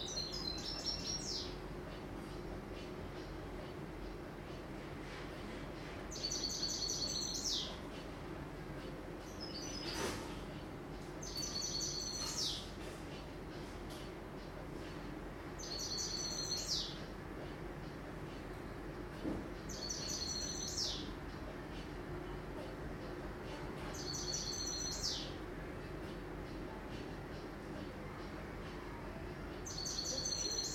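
Birds repeat a bright, looping song about every four to five seconds over a steady low murmur of household noise and faint voices.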